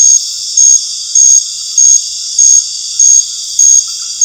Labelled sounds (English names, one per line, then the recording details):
none
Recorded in dense forest near Puerto Asís, Putumayo, Colombia, on 12 March 2025 at 19:00
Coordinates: 0.484, -76.317
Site G064